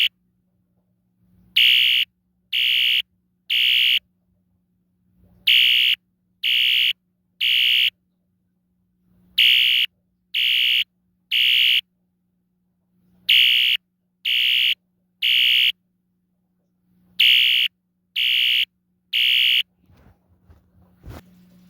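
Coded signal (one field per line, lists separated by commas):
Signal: alarm pattern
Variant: Wheelock electronic horn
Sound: harsh electronic horn sounding three half-second blasts, pause, repeated five times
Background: low electrical hum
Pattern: temporal three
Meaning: Temporal three: fire evacuation signal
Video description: my Wheelock ES-DL1-WS-24DC electronic mid 1980s horn strobe being coded to temporal 3 by two modules, the Collectors Controls DUSMC sync module, and the System Sensor MDL sync module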